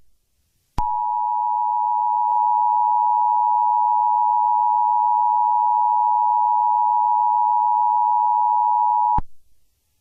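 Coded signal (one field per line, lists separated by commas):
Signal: Emergency Alert System (SAME) tones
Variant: 853 and 960 Hz attention tone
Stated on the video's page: Fictional EAS scenario, simulated.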